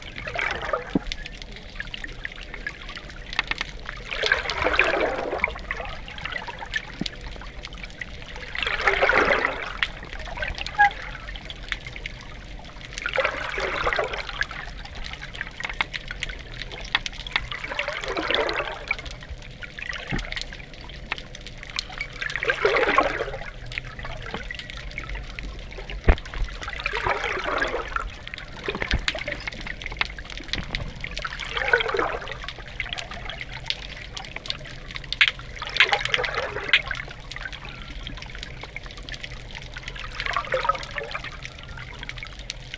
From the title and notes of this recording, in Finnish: Ocean. Waves and underwater sounds, Croatia. Teos perustuu Petri Kuljuntaustan äänityksiin Splitin rannikolta. Sitä seuraa 2.5 minuuttia vedenalaista äänimaisemaa.